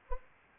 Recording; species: mosquito wingbeat signal from an infrared sensor; Anopheles arabiensis